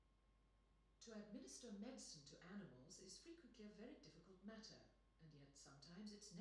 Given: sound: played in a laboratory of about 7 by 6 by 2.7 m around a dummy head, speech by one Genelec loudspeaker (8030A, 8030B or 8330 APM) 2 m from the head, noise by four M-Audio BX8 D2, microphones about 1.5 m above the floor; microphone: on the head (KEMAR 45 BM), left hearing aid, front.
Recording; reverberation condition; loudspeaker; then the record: female speech in English; medium; 30 degrees to the right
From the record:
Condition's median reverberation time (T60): about 510 ms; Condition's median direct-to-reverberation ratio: about -0.5 dB